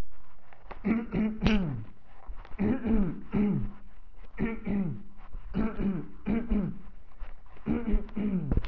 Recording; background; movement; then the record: throat clearing; quiet; walking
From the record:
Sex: male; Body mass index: 20.6 kg/m2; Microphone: on the chest, facing the body